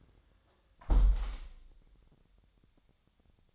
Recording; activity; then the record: daily activity, microphone in the room; close window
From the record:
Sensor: 3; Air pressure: 1000.5 hPa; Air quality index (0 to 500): 172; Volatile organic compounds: 3 ppm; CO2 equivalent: 1486 ppm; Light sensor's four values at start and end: 13/35/14/15 and 13/34/13/15